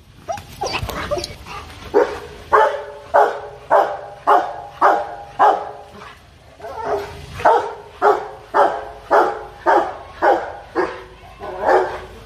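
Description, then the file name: Dog barking fiercely and continuously, harsh barks repeated almost twice a second, pausing briefly before resuming. "Tieng cho sua hung du"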